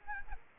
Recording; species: mosquito wingbeat signal from an infrared sensor; Aedes albopictus